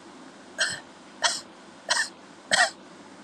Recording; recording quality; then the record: shallow voluntary cough; excellent, no background noise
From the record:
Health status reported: healthy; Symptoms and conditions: none ticked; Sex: male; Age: 25 years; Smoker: not ticked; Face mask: not worn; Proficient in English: yes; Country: India